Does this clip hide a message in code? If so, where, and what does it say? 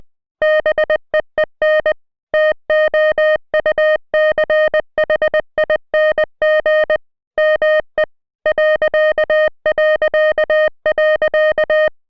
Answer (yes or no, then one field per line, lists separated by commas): yes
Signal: Morse code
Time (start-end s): 0.4-11.9 s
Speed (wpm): 20 wpm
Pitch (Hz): 1850 Hz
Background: music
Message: BEEN TOUCHING ME ...